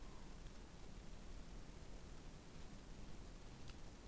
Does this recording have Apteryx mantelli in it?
no